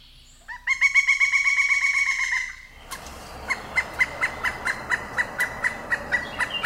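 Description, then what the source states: Pileated Woodpecker calls: a fast run of loud, even, laughing notes for about two seconds, then after a short gap a slower series of single repeated notes. Played back on a radio show for comparison; sounds almost like laughter, completely different from the Ivory-billed Woodpecker's voice.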